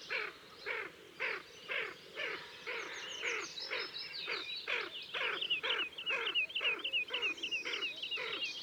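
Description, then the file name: Tufted duck uttering rough, grating notes repeated roughly twice a second, with thin whistled phrases joining in the second half. "Kuifeend Aythya fuligula"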